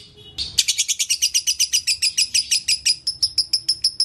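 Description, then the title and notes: Canary song: a rapid string of bright, evenly spaced high chirps after a short noisy start. Long-duration canary song used as masteran, a tutor song for training birds. "Kicauan Kenari Durasi Panjang. Masteran Burung Lengkap"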